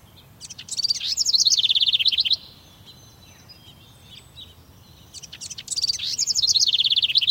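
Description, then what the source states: Bird song: a high, rapid trilled phrase of about two seconds, wavering and dropping slightly, given twice with faint soft notes between. Morning.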